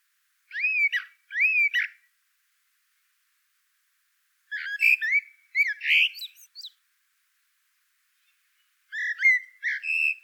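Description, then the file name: Common blackbird song: three separate phrases of fluted whistles mixed with thin, squeaky high twitters, with clear pauses between phrases. "Turdus merula"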